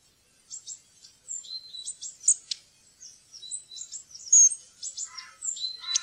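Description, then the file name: Long-tailed tit calls: a busy run of thin, very high notes and short buzzy trills, scattered irregularly. "stjertmeis"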